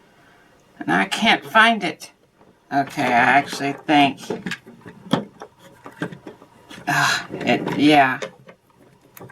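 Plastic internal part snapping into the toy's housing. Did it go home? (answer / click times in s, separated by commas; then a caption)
no / none. A plastic internal part of a vintage TOMY Daring Driver tabletop arcade toy is handled inside the toy's housing during disassembly, where it is held by a snap fit. Someone talks while short plastic taps and knocks sound from about 4.9 to 6.3 seconds and again near 8.5 to 9.3 seconds. Nothing has snapped or seated yet.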